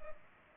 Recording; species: mosquito wingbeat signal from an infrared sensor; Culex pipiens